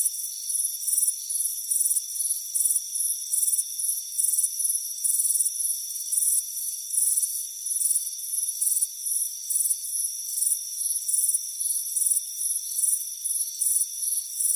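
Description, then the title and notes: Crickets give high, trilling chirps in repeated short bursts, steady throughout, over a persistent thin insect whine. Crickets chirping on a warm afternoon at a front porch. "Soothing Crickets Chirping Sound. It's a warm afternoon as you relax in a hammock on the front porch. Relax and fall asleep to the soothing sound of chirping crickets. Deep Sleep Sounds"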